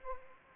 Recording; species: mosquito wingbeat signal from an infrared sensor; Anopheles arabiensis